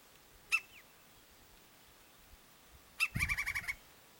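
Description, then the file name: Woodpecker calling with one sharp, clipped high note, then another followed at once by a fast run of several rattling notes; faint low rumble beneath. "canto do pica pau"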